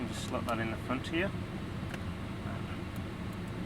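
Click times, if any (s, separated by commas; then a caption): 1.9 s. A micro SD memory card is slid into the front slot of a car dash camera and pushed until it latches. Someone talks over a steady low background hum, then a short, sharp click at 1.9 seconds marks the card seating in place.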